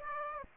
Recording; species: mosquito wingbeat signal from an infrared sensor; Aedes aegypti